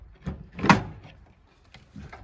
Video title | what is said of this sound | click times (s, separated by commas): Quick look at Client Expandacraft 16' Wide-glide Paddlecat. Kayak/Canoe/Single Pontoon alternative. | click on click off | 0.7 s